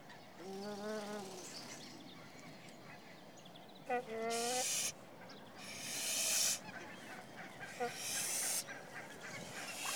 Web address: BBC Sound Effects Library. Ne Ne Goose